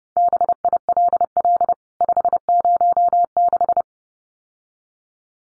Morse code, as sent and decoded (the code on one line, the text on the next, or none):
-... .. .-.. .-.. / ..... ----- -....
BILL 506